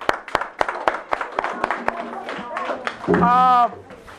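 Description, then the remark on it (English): A class claps for themselves after playing a rhythm exercise together, clapping in a steady, fairly quick rhythm of sharp strikes with scattered claps between them, then a single high, wavering vocal whoop rings out briefly at the end. “At least, clap for yourselves.”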